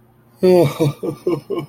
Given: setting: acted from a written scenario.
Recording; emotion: vocal sound without words; sadness